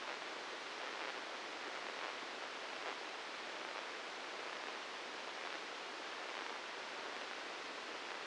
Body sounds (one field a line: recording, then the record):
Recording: brain microelectrode recording played as sound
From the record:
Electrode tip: inside the subthalamic nucleus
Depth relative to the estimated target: -2 mm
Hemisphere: right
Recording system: NeuroSet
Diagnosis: Parkinson's disease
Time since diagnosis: 8 years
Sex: male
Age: 59 years